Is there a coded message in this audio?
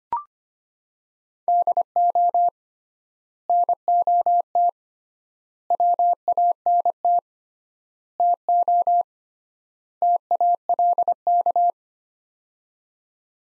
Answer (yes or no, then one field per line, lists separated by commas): yes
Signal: Morse code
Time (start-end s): 1.5-11.7 s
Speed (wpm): 25 wpm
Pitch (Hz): 700 Hz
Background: none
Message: DO NOT WANT TO TALK